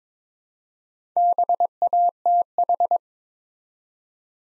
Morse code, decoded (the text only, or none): BATH